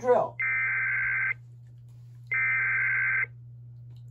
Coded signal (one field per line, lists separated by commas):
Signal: Emergency Alert System (SAME) tones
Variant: header bursts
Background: speech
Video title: EAS 1115: LAW ENFORCEMENT WARNING IN UTAH